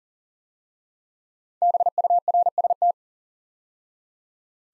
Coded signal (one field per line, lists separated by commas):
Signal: Morse code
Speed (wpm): 41 wpm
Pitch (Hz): 700 Hz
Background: none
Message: BURST